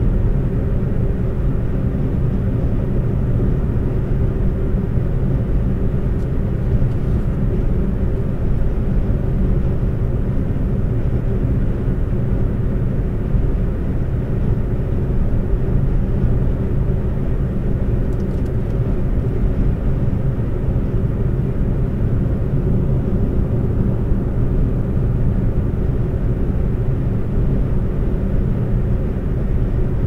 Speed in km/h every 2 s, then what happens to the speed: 126, 126, 126, 126, 126, 126, 126, 126, 126, 126, 126, 126, 126, 126, 126.
0-30 steady at about 126.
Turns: none.